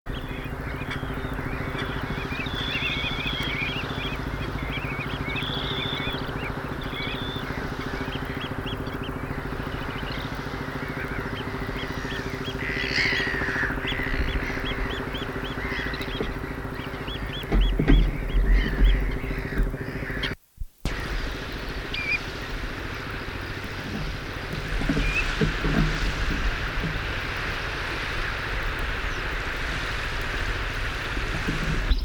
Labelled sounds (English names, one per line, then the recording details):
Dunlin call
Common Ringed Plover call
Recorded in the wild
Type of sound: call
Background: Charadrius hiaticula
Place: Zudar, Insel Rügen, Mecklenburg-Vorpommern, DE
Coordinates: 54.26, 13.35
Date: 1970-05-30
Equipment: Nagra III BH, Sennheiser MD 21, parabola
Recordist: Schubert, Michael
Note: Sandregenpfeifer und Alpenstrandl. - Trupp